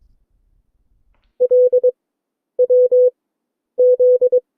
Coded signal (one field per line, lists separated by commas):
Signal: Morse code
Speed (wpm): 23 wpm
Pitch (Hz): 500 Hz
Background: none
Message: L W Z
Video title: CW Class - Session 5 (2026-02-19)